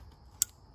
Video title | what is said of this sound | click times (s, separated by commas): How to Replace Oxygen Sensor Lincoln MKZ | put it up plug it in you just gotta listen for it to click | 0.4 s